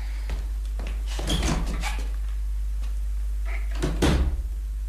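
door being opened

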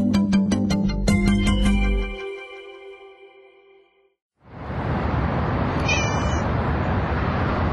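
cat meowing

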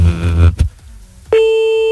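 telephone ringing tone

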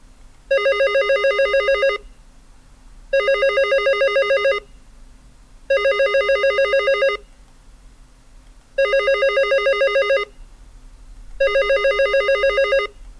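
telephone ringing continuously

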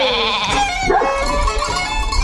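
sheep bleating

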